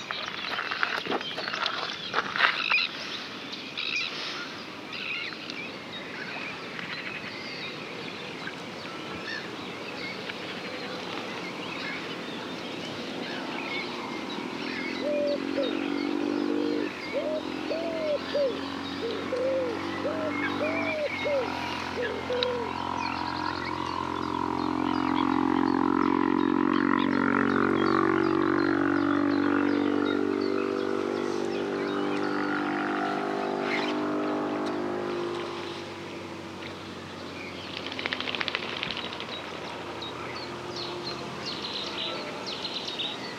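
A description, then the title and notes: Dusk over a saltmarsh reserve, with a steady outdoor hum and scattered bird calls throughout. A low, drawn-out droning sound, like an engine or aircraft, swells from about fifteen seconds, peaks near twenty-seven, then fades by thirty-six, while chirps and peeps continue. Dusk at Rye Harbour Nature Reserve. It is the soundscape of a saltmarsh nature reserve - the daytime flora and fauna, birds, insects and landscape winding down before night time. Recorded by Mary Hooper.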